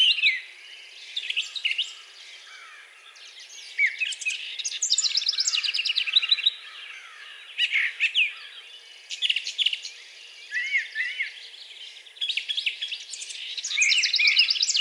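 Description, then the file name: Brown thrasher song with changing phrases of rapid trilled notes, clear whistles and scratchy chirps. The bursts follow one another with brief silences. Recorded 4 June 2020. "2020-06-04 Brown Thrasher"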